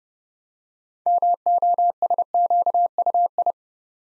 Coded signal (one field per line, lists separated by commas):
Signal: Morse code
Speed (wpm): 30 wpm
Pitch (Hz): 700 Hz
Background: none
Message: MOSQUI